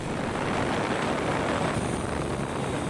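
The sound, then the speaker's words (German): A delivery drone flies on its own in a dedicated air corridor, a steady, dense whirring drone of rotors humming without pause, a broad airborne buzz holding at even loudness throughout, with no voices. “Am Ende konnte das Unternehmen seine Drohne in einem eigens eingerichteten Luftkorridor bei Wind und Wetter allein fliegen lassen.”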